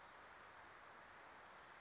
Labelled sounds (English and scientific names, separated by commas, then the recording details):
Western Flycatcher (Empidonax difficilis)
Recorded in Sonoma County, California